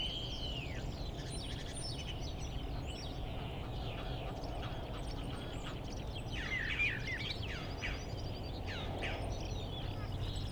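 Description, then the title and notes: Common starling song mixing downslurred whistles, buzzy notes and clicking chatter, varied phrases following one another, against a continuous low rumble. Starlings outside a window in rural Goworów, Poland, mimicking other species, mostly other birds rather than car alarms; recorded with Zoom F4 and AT BP4025. "Goworów 6, 57-515, Poland - Starlings mimicking other species. Zainstalowały mi się za oknem szpaki i udają najróżniejsze inne dźwięki. Obok wcale nie ma stawu - to szpaki udają żaby. Tak samo z wołaniem żurawi - to słabsze głosy, ale ewidentny zaśpiew żurawia"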